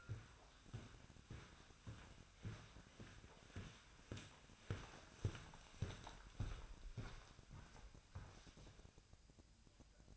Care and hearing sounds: daily activity, microphone in the room; walk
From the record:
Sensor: 2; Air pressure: 1009.2 hPa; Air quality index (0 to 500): 180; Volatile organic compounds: 2 ppm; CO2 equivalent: 1314 ppm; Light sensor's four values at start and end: 48/124/53/59 and 49/128/55/61

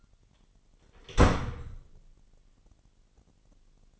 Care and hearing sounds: daily activity, microphone in the room; close door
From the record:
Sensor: 4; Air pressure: 999.2 hPa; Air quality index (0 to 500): 114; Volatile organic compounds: 2 ppm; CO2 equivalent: 1128 ppm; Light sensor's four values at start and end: 13/32/13/14 and 13/31/12/13

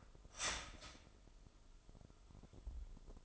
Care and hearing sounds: daily activity, microphone in the room; start toaster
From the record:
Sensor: 5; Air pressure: 988.7 hPa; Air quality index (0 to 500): 230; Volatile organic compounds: 168 ppm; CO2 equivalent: 4097 ppm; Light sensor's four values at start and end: 40/124/48/51 and 40/124/48/51

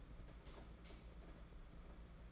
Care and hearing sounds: daily activity, microphone in the room; light off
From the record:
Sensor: 5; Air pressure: 992.1 hPa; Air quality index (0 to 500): 205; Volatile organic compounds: 1000 ppm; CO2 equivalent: 5918 ppm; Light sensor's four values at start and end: 8/21/8/9 and 8/19/7/8

